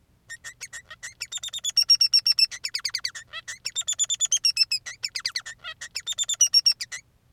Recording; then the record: song of a male Bengalese finch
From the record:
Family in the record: son of father 3